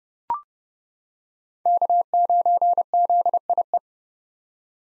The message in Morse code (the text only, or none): K9ZIE